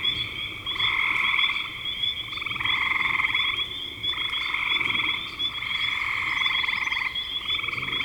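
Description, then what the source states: Frog chorus of buzzy pulsed trills about a second long in repeated bursts, over a steady high whine. Recorded in spring 2025.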